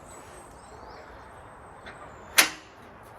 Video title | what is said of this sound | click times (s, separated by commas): Installation and usage of QuikrStuff Mach2 | and let it lock into place. | 2.4 s